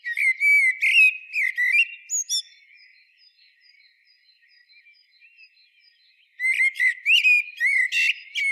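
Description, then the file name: Eurasian blackbird singing a phrase of rich warbled whistles with high twittery notes, then a quiet gap of soft song before another loud fluty, chattering phrase. "Turdus merula"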